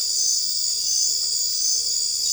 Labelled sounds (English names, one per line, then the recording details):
none
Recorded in dense forest near Puerto Asís, Putumayo, Colombia, on 22 December 2024 at 22:30
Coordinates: 0.482, -76.320
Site G021